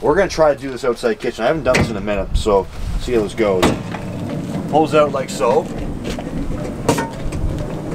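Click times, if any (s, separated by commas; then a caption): none. Someone talks while pulling the slide-out outdoor kitchen unit out of its side compartment on a 2021 Grand Design Solitude 390RK travel trailer, toward its extended locked position. A couple of sharp knocks are heard during the handling, but the unit has not locked or clicked into place yet.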